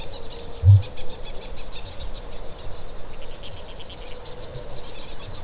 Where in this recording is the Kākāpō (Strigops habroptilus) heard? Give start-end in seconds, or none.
0.18-1.00